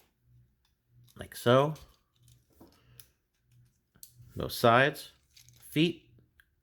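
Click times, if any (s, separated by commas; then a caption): none. Someone talks while handling an Earthrise Leader Class Optimus Prime toy figure, folding the plastic feet and toes down on the figure's leg so the foot piece locks. Quiet handling taps sound between the words. The clip ends before the part goes home, and nothing has seated or clicked yet.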